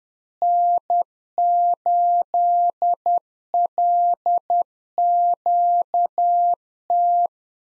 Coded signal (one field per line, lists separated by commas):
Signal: Morse code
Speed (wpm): 10 wpm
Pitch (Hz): 700 Hz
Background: none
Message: N8LQT